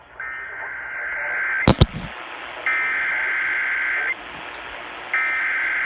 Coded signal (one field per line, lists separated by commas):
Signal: Emergency Alert System (SAME) tones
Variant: header bursts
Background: speech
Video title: EAS Alerts from 6/3/21 - 6/23/21 EAS#500-520